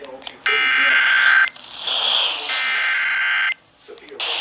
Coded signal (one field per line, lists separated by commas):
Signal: Emergency Alert System (SAME) tones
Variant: header bursts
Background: speech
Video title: CALM BEFORE THE STORM... (EAS Alerts from June 2024) [EAS 358-385]